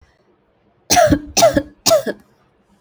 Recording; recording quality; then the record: heavy voluntary cough; excellent, no background noise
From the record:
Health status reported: healthy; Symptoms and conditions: none ticked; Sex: female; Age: 28 years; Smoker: yes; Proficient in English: yes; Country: India